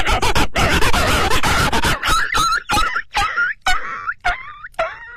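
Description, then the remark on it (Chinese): A voice imitates dogs fighting: a dense burst of rough snarling and growling, then a string of sharp, rising yelps and whines in quick succession, ending in a biting sound, loud and without any speech. “对， 或者是说最后还有一声，这个狗不是打架吗？”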